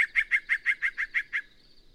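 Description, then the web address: Yellow-breasted Chat giving a quick run of about nine harsh notes, each roughly a sixth of a second apart. "birdsongforthecurious songs Yellow-breasted Chat"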